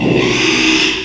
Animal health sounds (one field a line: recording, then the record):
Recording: squeal of a Yucatan mini pig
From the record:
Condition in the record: after surgery on the right vocal fold (resection and tissue-engineered implant)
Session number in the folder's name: 1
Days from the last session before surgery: 6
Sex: male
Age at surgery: 12 weeks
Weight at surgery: 13 kg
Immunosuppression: cyclosporine, prednisolone